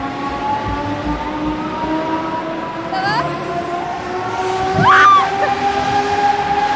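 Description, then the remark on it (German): A spinning Breakdance ride with whirling gondolas at a funfair drones with a steady mechanical whine and rumbling bass, while air whistles in short sweeping rises twice, with faint crowd voices underneath. “Die Gondeln wirbeln, zerren, Scheiße. Reißen. Luft pfeift, Bass tönt.”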